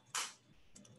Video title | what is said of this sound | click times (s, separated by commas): Worldskills Mobile Robotics Training Webinar Day 2 | you hear that snap which means you're in | 0.2 s